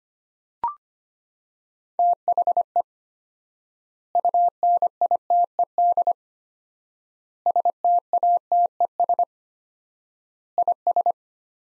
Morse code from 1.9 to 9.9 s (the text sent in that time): THE UNITED STATES